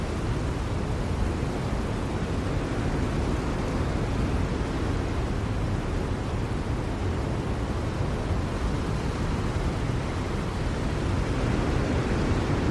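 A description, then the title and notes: A blizzard roars in a dense, unchanging rush, heavy and low with a hissing upper edge, holding steady without gusts or breaks. Let's Stay Inside and Listen to Storm Sounds | Blizzard White Noise.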